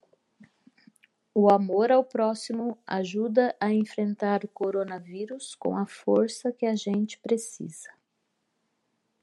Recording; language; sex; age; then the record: spoken sentence; Brazilian Portuguese; female; 50 to 59 years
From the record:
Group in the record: control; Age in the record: 57 years